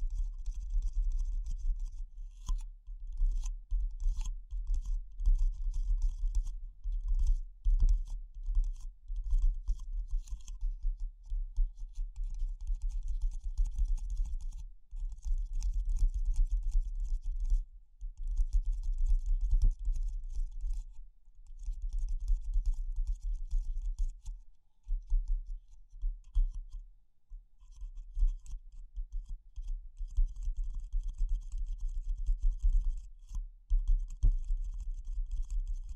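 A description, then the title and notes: Fingers tap quickly and unevenly, the strikes dull and low with a faint crisp click on top. The rhythm shifts between dense flurries and sparser, slower taps, with brief pauses near 18, 24 and 26 seconds. ASMR Pure Tapping Fast and Slow (No Talking).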